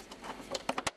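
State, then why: Seated. An aluminum head filler piece for a sliding patio door is rotated into the head track and snaps into place against the interlocker of the middle panel, with the snap at 0.7 s. Softer rustling and a small knock come first, and two more sharp clicks follow at about 0.8 s and 0.9 s. The filler is seated in the track.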